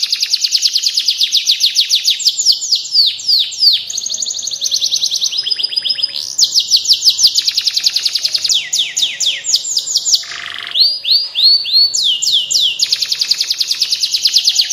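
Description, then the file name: Canary pouring out long, varied song: rolling trills, quick repeated chips and slurred whistles flow one into the next with barely a pause. Standard-type canary. "suara kicauan kenari standar. omkicau"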